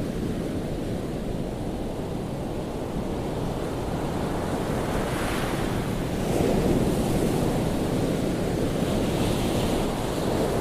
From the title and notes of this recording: White Noise Ocean Waves Sounds.